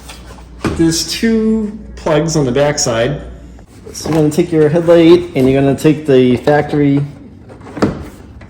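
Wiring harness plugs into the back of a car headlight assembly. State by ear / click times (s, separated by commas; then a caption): seated / 7.8 s, 8.4 s. Someone talks while two factory wiring plugs are pushed onto the back of a replacement headlight housing for a 2007-2011 Hyundai Accent. Sharp clicks are heard at 7.8 s and 8.4 s as the plugs snap into place and seat.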